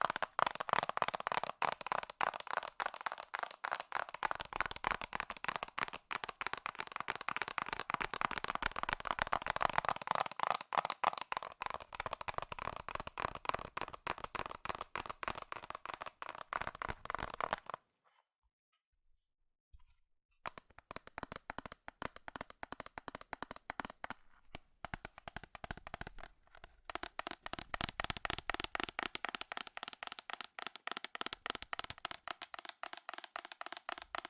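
Fast, furious tapping on metal, a dense stream of sharp clicks packed tightly together with a bright, ringing edge. The rapid patter runs steadily for about eighteen seconds, stops for a two-second silence, then resumes with brief breaks around 24 and 26 seconds.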